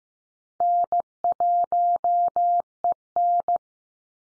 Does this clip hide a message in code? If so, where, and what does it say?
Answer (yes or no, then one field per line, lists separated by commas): yes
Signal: Morse code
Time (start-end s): 0.6-3.6 s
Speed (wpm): 15 wpm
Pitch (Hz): 700 Hz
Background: none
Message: N1EN